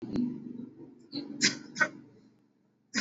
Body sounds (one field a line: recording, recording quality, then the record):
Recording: shallow voluntary cough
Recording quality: poor, much background noise or distortion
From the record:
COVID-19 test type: RT-PCR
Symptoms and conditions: cough, cold, fever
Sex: male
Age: 27 years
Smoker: no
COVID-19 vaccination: both doses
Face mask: worn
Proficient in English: yes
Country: India